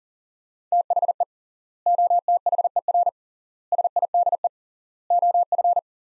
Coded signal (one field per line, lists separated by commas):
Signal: Morse code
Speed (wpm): 37 wpm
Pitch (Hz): 700 Hz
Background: none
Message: THE OTHER SIDE OF